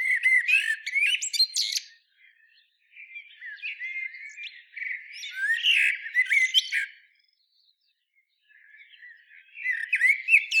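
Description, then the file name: Common blackbird singing, loud twittering bursts with high squeaky notes, then quieter low warbled phrases, another loud jumbled burst near the end. "Turdus merula"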